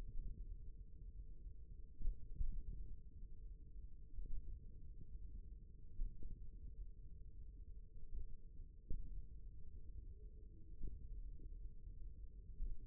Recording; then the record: forearm muscle sounds (acoustic myography)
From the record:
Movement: hand opening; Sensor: system 1, eight BSWA MPA416 microphones around the upper forearm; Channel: 2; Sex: male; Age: 54 years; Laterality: right